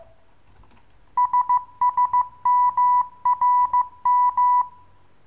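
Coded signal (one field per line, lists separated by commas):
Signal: Morse code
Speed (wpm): 15 wpm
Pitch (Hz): 990 Hz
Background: none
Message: SSMRM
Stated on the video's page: Koch method Morse lesson for the letters K, M, R, S.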